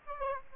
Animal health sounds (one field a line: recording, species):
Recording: mosquito wingbeat signal from an infrared sensor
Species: Aedes aegypti